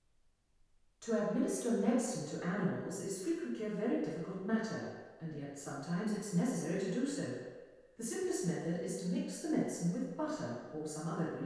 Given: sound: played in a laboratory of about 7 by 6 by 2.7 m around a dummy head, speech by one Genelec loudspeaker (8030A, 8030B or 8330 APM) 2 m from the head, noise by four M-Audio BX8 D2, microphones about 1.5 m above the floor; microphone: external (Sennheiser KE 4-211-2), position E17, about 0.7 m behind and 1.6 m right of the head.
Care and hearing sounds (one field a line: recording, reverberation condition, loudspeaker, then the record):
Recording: female speech in English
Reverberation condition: high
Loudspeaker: 30 degrees to the left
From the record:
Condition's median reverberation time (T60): about 1300 ms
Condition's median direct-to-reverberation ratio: about -4.0 dB